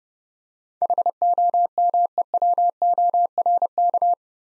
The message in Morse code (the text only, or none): HOMEWORK